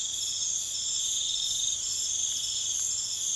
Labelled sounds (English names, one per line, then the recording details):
none
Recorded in pastures near Puerto Asís, Putumayo, Colombia, on 4 March 2025 at 01:00
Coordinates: 0.487, -76.322
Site G077